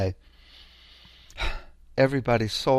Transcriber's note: sighs